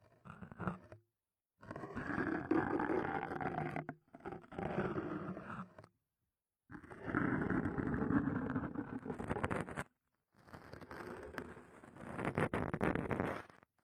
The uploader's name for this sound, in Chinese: 针扎耳朵